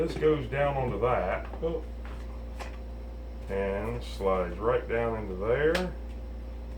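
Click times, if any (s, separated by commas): none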